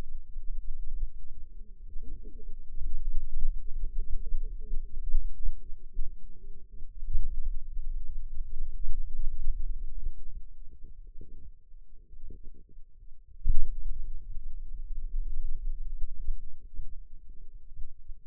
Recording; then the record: forearm muscle sounds (acoustic myography)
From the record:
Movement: finger pinch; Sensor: system 2, bracelet of six BSWA MPA416 microphones around the upper forearm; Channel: 1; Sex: female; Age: 21 years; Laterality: right